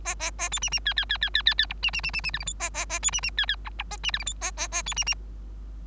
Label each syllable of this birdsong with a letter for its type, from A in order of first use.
A A A B C C D D D D D D D E C C C C C F G H A A A B C C D D I E A C F G H A A A B C C